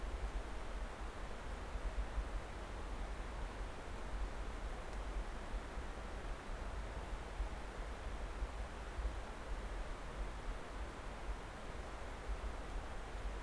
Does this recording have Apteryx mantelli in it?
no